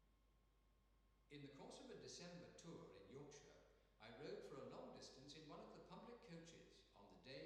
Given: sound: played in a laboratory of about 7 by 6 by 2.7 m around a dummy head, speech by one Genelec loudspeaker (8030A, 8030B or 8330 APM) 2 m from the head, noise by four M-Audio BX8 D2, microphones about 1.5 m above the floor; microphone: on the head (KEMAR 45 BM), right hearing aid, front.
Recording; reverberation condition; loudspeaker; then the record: male speech in English; high; 30 degrees to the right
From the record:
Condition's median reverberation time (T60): about 1300 ms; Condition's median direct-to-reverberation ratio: about -4.0 dB